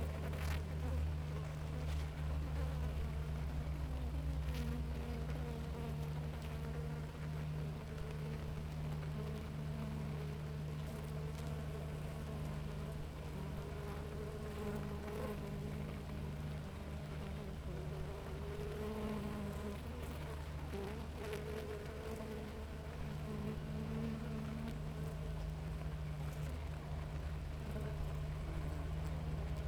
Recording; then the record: honeybee colony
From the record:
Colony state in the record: active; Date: 28 July 2017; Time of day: 7:17